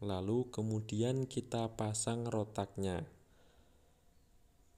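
A plastic cover panel is lined up and positioned on a motor scooter body before being pressed home, while someone talks for about three seconds. After that only faint low background noise remains. Nothing has seated or clicked yet.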